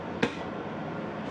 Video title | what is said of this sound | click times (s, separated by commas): Small on the outside but huge on the inside!! 2025 Airstream Basecamp 20X | and these do kind of click in place too | 0.2 s